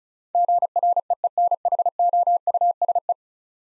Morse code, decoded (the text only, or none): GREENHOUSE